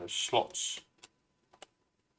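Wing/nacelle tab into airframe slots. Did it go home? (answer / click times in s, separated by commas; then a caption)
no / none. Someone talks while a glued inner wing or nacelle part of a Microaces Percee twin-engine micro model aircraft kit is handled, so that its tabs can be pressed into the matching airframe slots. After the talking, a few faint, short ticks are heard at about 1.0 s, 1.5 s and 1.6 s. The part has not popped into its slots yet, and nothing has seated.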